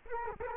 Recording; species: mosquito wingbeat signal from an infrared sensor; Culex quinquefasciatus